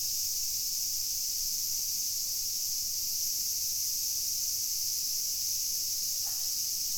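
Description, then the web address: Cicada song, an unchanging high whining buzz running without a break, with a faint short sound near the end. Recorded 2 August 2021. "fukudai fu cicada"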